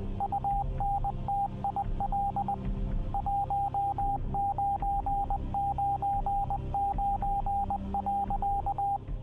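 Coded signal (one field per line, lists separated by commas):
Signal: Morse code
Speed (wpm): 20 wpm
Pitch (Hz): 800 Hz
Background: radio noise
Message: UNTIL 1999.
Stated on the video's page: Radio operators' station aboard the SS American Victory, a WWII Merchant Marine museum ship in Tampa, Florida.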